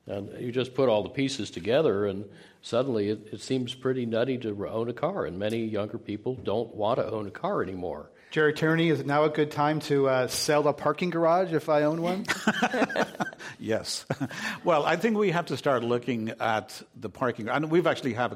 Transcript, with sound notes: And you just put all the pieces together and suddenly it seems pretty nutty to own a car and many younger people don't want to own a car anymore.
Gerry Tierney, is now a good time to sell the parking garage if I own one?
[Laughs] Yes. Well, I think we have to start looking at the parking.